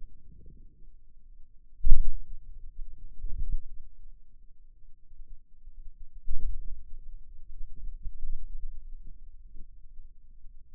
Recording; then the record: forearm muscle sounds (acoustic myography)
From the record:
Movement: hand closing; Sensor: system 2, bracelet of six BSWA MPA416 microphones around the upper forearm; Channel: 1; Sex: male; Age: 22 years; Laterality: right